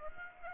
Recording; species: mosquito wingbeat signal from an infrared sensor; Aedes aegypti